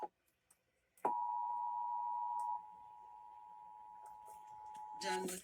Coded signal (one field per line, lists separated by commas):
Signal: Emergency Alert System (SAME) tones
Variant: 853 and 960 Hz attention tone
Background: speech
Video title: MARCH CHANGES TAKE EFFECT! EAS Tests from April 2023